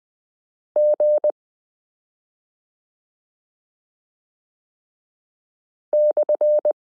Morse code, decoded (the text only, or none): G /